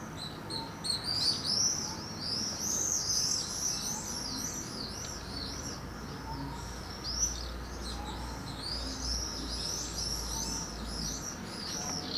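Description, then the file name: Swifts calling with repeated shrill, high arched screams and chirps, overlapping in busy bursts throughout, over low background noise. "Birds Swifts Housemartins"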